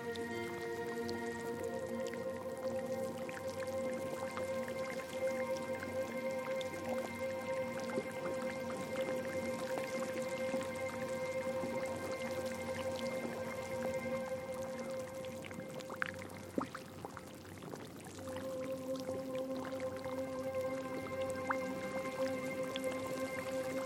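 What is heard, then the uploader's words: Bath sounds of drips and small splashes play over sustained, steady tones that hold the same pitches throughout, with a low hum beneath. The water sounds are irregular, with a brief dip in the tones around 16 seconds before they return. Soothing bath sounds with relaxing tones. Soothing bath sounds paired with relaxing tones.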